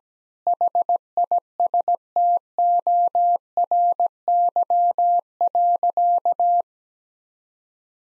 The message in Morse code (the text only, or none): HISTORY.